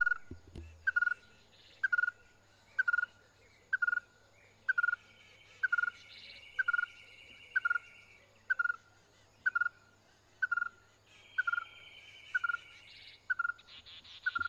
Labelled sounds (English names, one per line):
Red-fronted Tinkerbird